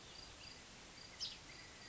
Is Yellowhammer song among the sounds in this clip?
no